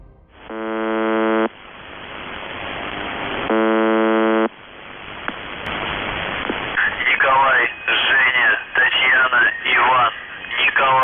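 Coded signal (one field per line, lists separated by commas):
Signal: channel marker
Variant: UVB-76 (The Buzzer)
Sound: two harsh low buzzes about a second long, three seconds apart, over static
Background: radio static, warbling tones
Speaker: stay tuned to hear the chilling sound of the buzzer and delve into one of the strangest audio mysteries on Earth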